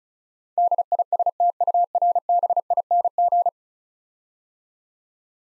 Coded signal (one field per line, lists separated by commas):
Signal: Morse code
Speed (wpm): 36 wpm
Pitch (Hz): 700 Hz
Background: none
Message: DISTURBING